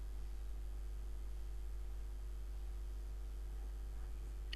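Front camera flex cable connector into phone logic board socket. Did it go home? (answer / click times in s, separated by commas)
yes / 4.5 s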